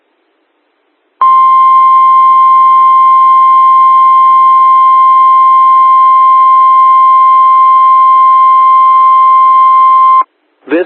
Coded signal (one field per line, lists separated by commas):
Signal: Emergency Alert System (SAME) tones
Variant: 1050 Hz attention tone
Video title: Wether + EAS my main channel @WetherDemon